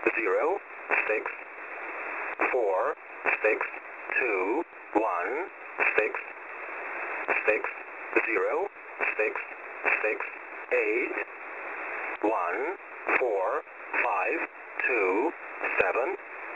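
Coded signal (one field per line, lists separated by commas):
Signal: numbers station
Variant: English Man, English voice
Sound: a voice reading short, evenly spaced words through steady radio hiss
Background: radio static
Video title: "English Man" number station at 14472 kHz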